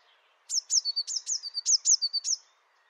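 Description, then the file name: Eurasian blue tit song, a bright repeated pattern of high falling whistles and lower held notes, with faint low background hum. Recorded in the Dombes, France. "MESANGE BLEUE DOMBES"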